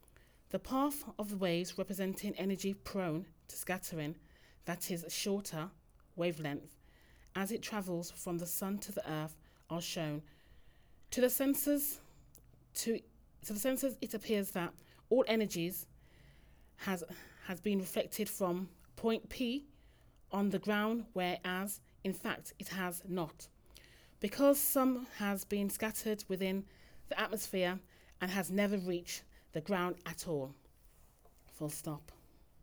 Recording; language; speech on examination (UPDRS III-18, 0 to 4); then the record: text read into a phone; English; 0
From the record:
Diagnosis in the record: healthy control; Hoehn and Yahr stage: 0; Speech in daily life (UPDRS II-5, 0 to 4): 0